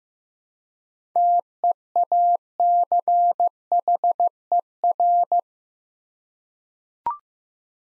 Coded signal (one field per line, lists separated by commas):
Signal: Morse code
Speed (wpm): 15 wpm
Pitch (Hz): 700 Hz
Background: none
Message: TEACHER